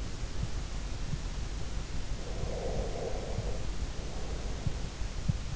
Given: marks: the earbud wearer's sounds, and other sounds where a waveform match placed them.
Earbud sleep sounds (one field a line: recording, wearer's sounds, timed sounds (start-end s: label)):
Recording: sounds in sleep by an in-ear microphone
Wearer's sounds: breath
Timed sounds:
2.34-4.68 s: breath